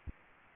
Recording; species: mosquito wingbeat signal from an infrared sensor; Anopheles gambiae